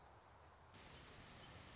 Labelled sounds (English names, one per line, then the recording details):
Song Sparrow
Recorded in Sonoma County, California